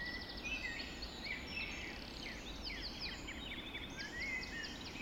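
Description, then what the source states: Birds in a birds, several singing at once, sharp rapid trills and clear whistles overlapping over a steady background hiss. Birds recorded just after dawn in the Forest of Dean.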